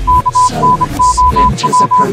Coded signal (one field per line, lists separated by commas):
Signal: Morse code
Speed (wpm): 26 wpm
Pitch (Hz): 1000 Hz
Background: speech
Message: KNOW